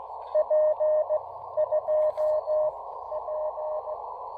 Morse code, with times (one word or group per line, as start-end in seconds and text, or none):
0.3-1.2 P
1.6-2.7 2
3.1-3.9 P